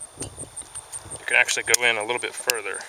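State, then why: Not seated. A metal magazine is handled at the magazine well of a MAB .32 ACP Model GZ pistol, shown able to go in a little further because it may not have been seated all the way, possibly why the pistol was not feeding right. Short knocks of the magazine being pushed come around 0.6 s and 1.1 s while someone talks, with faint chirping in the background. Nothing has seated or clicked yet.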